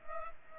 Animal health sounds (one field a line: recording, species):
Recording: mosquito wingbeat signal from an infrared sensor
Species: Culex pipiens